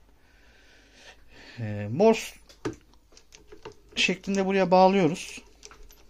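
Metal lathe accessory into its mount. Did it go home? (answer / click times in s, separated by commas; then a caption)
no / none. A metal accessory for an M14x1 cast lathe is handled and connected toward its holder while someone talks, with a few short taps and knocks between the words. The clip ends before the part goes home, and nothing has seated or clicked yet.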